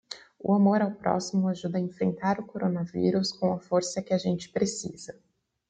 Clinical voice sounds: spoken sentence; Brazilian Portuguese; female; 20 to 29 years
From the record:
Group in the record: control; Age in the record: 26 years

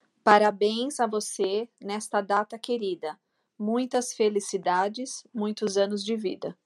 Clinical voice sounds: short text; Brazilian Portuguese; female; 40 to 49 years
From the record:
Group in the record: control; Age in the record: 43 years

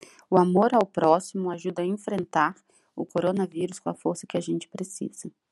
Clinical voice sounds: spoken sentence; Brazilian Portuguese; female; 30 to 39 years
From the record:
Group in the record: control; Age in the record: 34 years

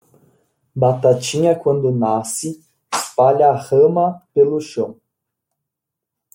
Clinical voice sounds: short text; Brazilian Portuguese; male; 20 to 29 years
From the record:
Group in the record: control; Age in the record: 24 years

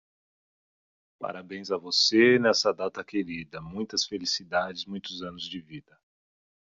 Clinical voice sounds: short text; Brazilian Portuguese; male; 40 to 49 years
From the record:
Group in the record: control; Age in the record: 43 years

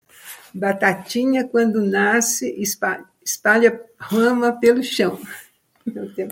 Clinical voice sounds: short text; Brazilian Portuguese; female; 80 to 89 years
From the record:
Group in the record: control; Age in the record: 86 years

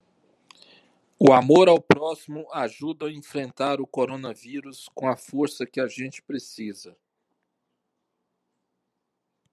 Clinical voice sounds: spoken sentence; Brazilian Portuguese; male; 50 to 59 years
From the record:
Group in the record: control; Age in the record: 54 years

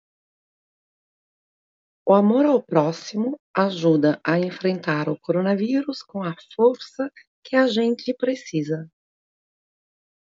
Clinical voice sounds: spoken sentence; Brazilian Portuguese; female; 50 to 59 years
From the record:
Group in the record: control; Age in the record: 53 years

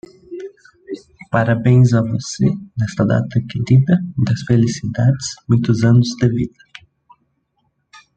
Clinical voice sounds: short text; Brazilian Portuguese; male; 20 to 29 years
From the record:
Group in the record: control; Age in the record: 22 years

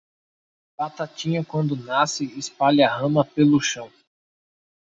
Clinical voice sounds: short text; Brazilian Portuguese; male; 20 to 29 years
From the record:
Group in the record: control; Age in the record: 29 years

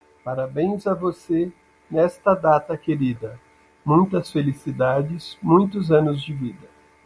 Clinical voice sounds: short text; Brazilian Portuguese; male; 50 to 59 years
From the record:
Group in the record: control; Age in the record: 53 years

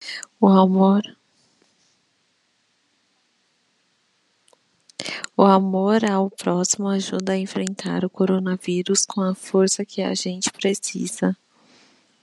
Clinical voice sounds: spoken sentence; Brazilian Portuguese; female; 30 to 39 years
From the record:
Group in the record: control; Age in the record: 34 years

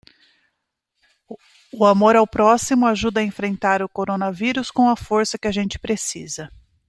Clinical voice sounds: spoken sentence; Brazilian Portuguese; female; 40 to 49 years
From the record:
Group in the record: control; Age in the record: 47 years

